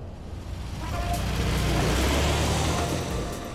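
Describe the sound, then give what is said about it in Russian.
A small red car speeds along a highway, its low engine rumble and rushing road roar swelling in the first second, then holding steady and loud before easing slightly at the end. “По трассе мчит красная маленькая машина.”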